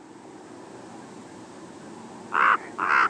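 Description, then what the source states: Common raven uttering two harsh croaks near the end, after a stretch of quiet background hiss. Arizona.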